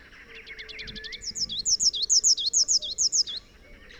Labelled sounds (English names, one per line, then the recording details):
Rufous-capped Warbler song
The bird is a male
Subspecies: rufifrons
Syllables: 24
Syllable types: 3
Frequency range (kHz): 2.8-7.1 kHz
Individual AR-SRB-M